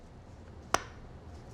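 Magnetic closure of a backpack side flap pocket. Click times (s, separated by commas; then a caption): 0.7 s. The small magnetic closure on the side flap pocket of a Peak Design Zip 15L fabric camera backpack is pushed shut. A single sharp snap sounds at 0.7 s against quiet room noise, and the flap pocket is closed.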